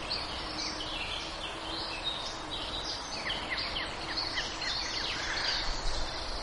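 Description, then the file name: Bird song and calls: many quick high chirps and short trills overlapping throughout, above a constant low hiss and rumble. "birdsong diversitree"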